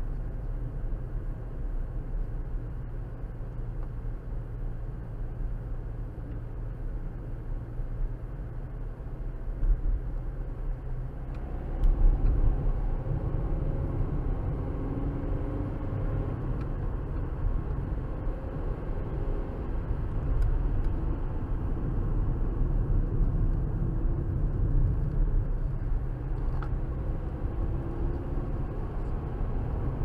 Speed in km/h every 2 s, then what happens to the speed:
42, 40, 40, 40, 44, 45, 56, 69, 76, 79, 81, 66, 58, 61, 69.
0-6 steady at about 40. 6-19 speeds up to 81. 20-24 brakes to 58. 26-30 speeds up to 69.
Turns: none.